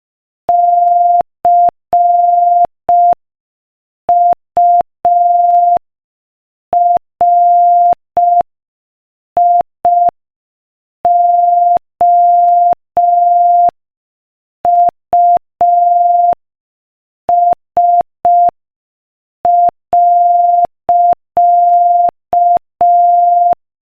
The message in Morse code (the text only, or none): CURIOUS.